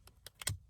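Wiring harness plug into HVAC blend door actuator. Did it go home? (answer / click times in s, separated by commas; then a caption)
yes / 0.5 s. A wiring harness plug is pushed into a new rear HVAC blend door actuator on a 2007-2017 Ford Expedition. A few faint, short clicks come first, then the loudest sharp click at 0.5 s with a brief low thump as the connector latches and seats.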